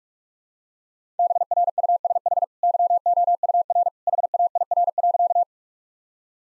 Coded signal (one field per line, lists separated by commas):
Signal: Morse code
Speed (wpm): 46 wpm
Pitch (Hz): 700 Hz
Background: none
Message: BRUSH YOUR HAIR.